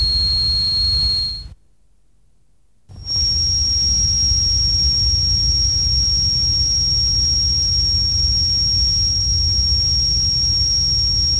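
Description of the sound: Synthesized tinnitus simulation: a steady high-pitched whistling tone over a broadband hiss, briefly cutting to silence, then resuming at a slightly higher pitch with a fainter, even higher tone above it.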